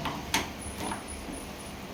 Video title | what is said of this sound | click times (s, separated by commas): CULTSPORT CORBY SPIN BIKE DEMO BY FITNESS CORNER JIND | वापस down, lock हो गया, और फिर हम वापस इसको घुमा देंगे लॉक को, इससे टाइट हो जाएगा। | 0.3 s